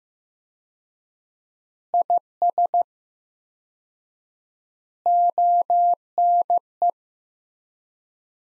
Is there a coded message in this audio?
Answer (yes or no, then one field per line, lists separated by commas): yes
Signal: Morse code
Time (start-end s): 1.9-6.9 s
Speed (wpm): 15 wpm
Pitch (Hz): 700 Hz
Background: none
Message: IS ONE